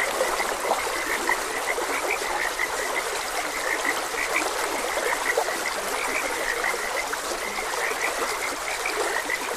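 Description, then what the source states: Frogs croaking in a chorus, short bright notes repeating rapidly over a steady rush of flowing stream water. Several frogs croaking beside a gentle stream.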